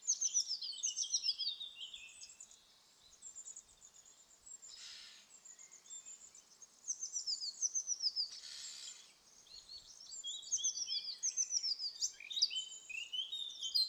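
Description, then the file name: Eurasian blackcap song: rapid, high warbled phrases sliding downward in bursts, with short pauses between, and two brief rushing noise bursts midway. "Sylvia atricapilla"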